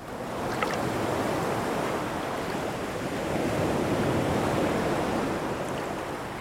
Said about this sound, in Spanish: Aquí, las aguas tranquilas del Lingue se funden con las olas incansables del mar Pacífico.